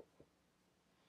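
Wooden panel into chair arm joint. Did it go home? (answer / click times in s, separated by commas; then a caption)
no / none. A mahogany seat/back panel is worked into the right arm joint of a wooden chair during dry assembly, to be angled up a little. Two light, soft wooden taps are heard near 0.0 s and 0.2 s, followed by quiet handling noise. The panel is in the arm but has not seated or clicked yet.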